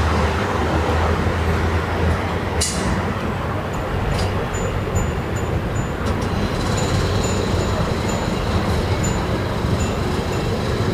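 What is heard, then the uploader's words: Evening street noise on via della Moscova in Milan: a steady, dense traffic rumble with a low engine hum, possibly a tram or bus passing. A sharp clack lands near 2.5 seconds, and faint high squeals and chirps come and go from about 4 seconds on. Via Moscova, Milano (Evening). Recorded in Milan, Italy, on via della Moscova, overlooking Largo la Foppa.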